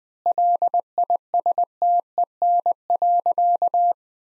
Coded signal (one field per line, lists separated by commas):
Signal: Morse code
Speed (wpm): 20 wpm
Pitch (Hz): 700 Hz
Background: none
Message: LISTEN.